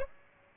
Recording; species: mosquito wingbeat signal from an infrared sensor; Aedes aegypti